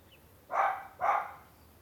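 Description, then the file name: Dog giving two quick, sharp barks half a second apart, with quiet background in between. Small dog barking near a corridor. "Cachorro de pequeno porte latindo perto de corredor"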